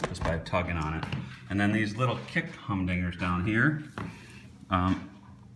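Someone talks while handling the kick-down foot lock at the base of a sliding glass door, the small foot that pushes out and catches down there. Only speech is heard, and nothing has seated or clicked yet.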